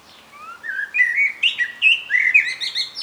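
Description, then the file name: Common blackbird phrase: soft rising whistles building into a flowing, mellow warble that ends in squeaky high twitters. "Turdus merula"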